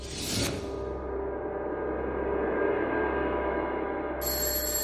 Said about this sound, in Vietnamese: Tiếng chuông báo thức ở điện thoại reo vang